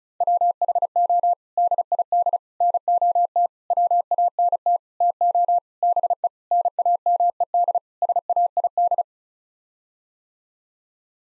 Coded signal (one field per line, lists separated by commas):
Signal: Morse code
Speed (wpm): 34 wpm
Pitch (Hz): 700 Hz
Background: none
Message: WHO DID NOT WANT TO BE NAMED SAID